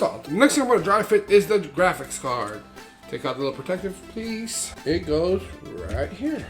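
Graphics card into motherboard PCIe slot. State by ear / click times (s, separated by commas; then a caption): not seated / none. A graphics card, an RTX 3070, is handled during a dry fit: its small protective piece is taken off and it is brought to the motherboard's PCIe x16 slot, where its retention latch is meant to lock. Someone talks over background music throughout. The clip ends before the card goes in, so nothing has seated or clicked yet.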